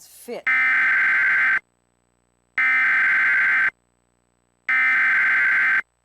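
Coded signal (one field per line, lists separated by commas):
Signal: Emergency Alert System (SAME) tones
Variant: header bursts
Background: speech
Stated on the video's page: Fictional PDS tornado warning scenario for Waukesha, made for a challenge.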